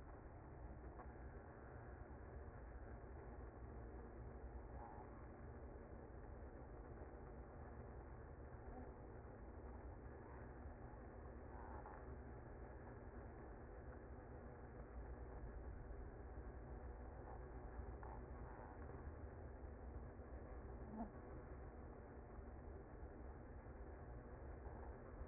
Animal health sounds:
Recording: honeybee colony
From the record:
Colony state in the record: active

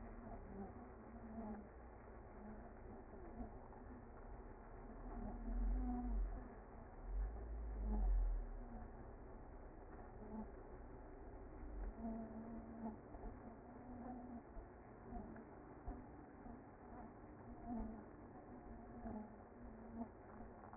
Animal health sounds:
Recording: honeybee colony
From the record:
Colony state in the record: active

